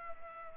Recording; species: mosquito wingbeat signal from an infrared sensor; Culex pipiens